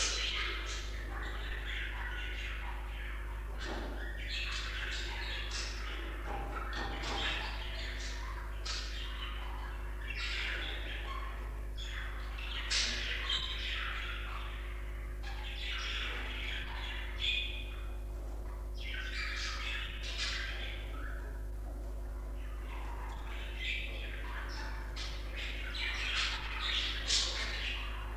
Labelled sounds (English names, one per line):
Budgerigar call